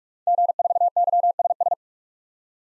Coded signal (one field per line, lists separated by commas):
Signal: Morse code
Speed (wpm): 46 wpm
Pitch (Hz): 700 Hz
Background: none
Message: G4YSS